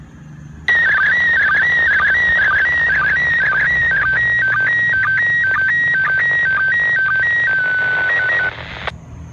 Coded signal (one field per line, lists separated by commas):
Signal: SSTV (slow-scan television)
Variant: PD 120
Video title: ARISS SSTV 08 Oct 2020